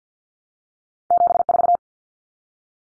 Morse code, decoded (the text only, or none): 74